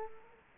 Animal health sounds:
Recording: mosquito wingbeat signal from an infrared sensor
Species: Culex quinquefasciatus

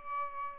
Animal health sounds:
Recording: mosquito wingbeat signal from an infrared sensor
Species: Aedes albopictus

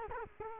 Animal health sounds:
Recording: mosquito wingbeat signal from an infrared sensor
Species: Culex quinquefasciatus

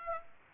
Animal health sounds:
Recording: mosquito wingbeat signal from an infrared sensor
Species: Aedes aegypti

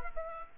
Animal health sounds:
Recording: mosquito wingbeat signal from an infrared sensor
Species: Culex quinquefasciatus

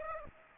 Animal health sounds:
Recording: mosquito wingbeat signal from an infrared sensor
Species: Aedes aegypti

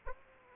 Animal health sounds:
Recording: mosquito wingbeat signal from an infrared sensor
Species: Aedes aegypti

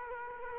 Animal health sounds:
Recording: mosquito wingbeat signal from an infrared sensor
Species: Culex quinquefasciatus

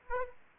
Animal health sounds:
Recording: mosquito wingbeat signal from an infrared sensor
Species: Aedes aegypti

